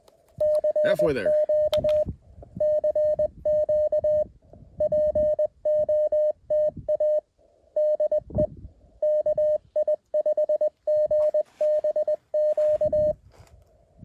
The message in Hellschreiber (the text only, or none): none